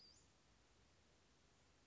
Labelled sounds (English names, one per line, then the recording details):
Western Flycatcher
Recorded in Sonoma County, California